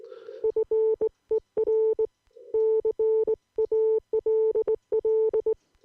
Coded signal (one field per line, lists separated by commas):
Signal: Morse code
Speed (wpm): 18 wpm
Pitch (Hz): 440 Hz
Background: none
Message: FER CALL